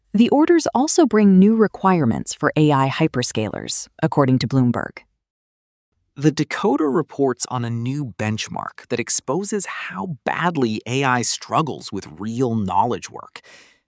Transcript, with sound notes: The orders also bring new requirements for AI hyperscalers, according to Bloomberg.
[thoughtful] The Decoder reports on a new benchmark that exposes how badly AI struggles with real knowledge work.